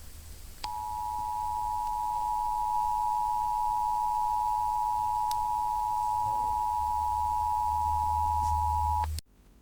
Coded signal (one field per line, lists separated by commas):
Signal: Emergency Alert System (SAME) tones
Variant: 853 and 960 Hz attention tone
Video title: EAS Scenario: Mickey Mouse.EXE (Good Ending)